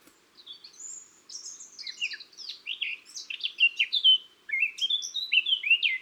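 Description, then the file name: Eurasian blackcap song: a continuous run of fast, varied warbling notes, with a brief break before a final flourish. "Sylvia atricapilla"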